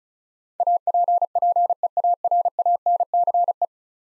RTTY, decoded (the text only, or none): none